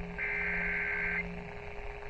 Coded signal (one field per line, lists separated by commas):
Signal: Emergency Alert System (SAME) tones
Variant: header bursts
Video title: Severe Thunderstorm Warning (EAS #833)